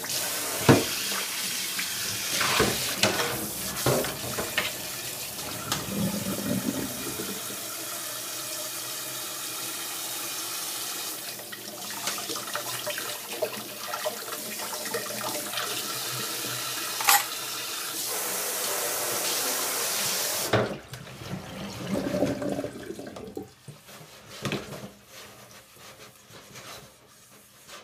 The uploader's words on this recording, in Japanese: 環境音 かつおのたたきらーめん。